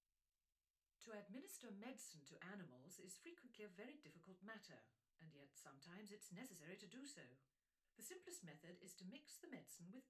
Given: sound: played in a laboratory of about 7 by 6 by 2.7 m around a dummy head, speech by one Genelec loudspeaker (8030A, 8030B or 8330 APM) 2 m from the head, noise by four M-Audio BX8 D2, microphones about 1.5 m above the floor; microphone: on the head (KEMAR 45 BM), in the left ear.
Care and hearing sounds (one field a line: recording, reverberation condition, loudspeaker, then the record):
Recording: female speech in English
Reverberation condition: low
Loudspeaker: 150 degrees to the left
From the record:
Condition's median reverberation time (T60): about 310 ms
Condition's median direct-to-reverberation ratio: about 3.5 dB